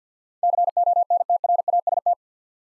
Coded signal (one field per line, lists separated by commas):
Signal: Morse code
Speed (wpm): 48 wpm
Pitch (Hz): 700 Hz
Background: none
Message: CONTRAST